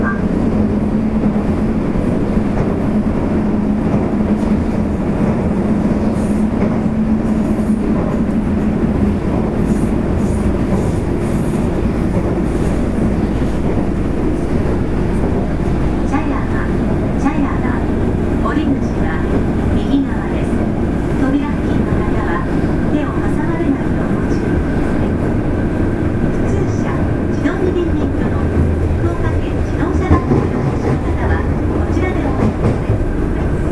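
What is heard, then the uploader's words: A subway train runs steadily, a dense low rumble and roar that stays loud throughout. A faint tone hums in the first ten seconds, and from about fifteen seconds rattling clicks and a higher whine join as the car speeds along. 福岡市営地下鉄 3000系 七隈線 橋本から天神南まで. 福岡市交通局 3000系電車の走行音です。 七隈線で収録しました。 区間は、橋本から天神南までです。 Running sound of Fukuoka city subway 3000 series train.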